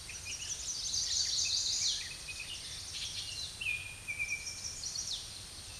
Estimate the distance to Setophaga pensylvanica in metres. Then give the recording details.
about 40 m. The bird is about 10 m above the microphone. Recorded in a Pennsylvania forest on 16 May 2024 at 07:26. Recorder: AudioMoth, point MSD-2494. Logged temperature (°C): 15.6 °C. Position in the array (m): 170 m, 206 m